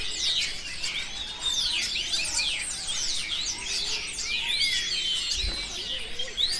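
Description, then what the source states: Birds singing and chirping, many overlapping quick high twittering notes and sweeping chirps throughout, a dense lively chorus with a soft low background rumble. Birds recorded in a city.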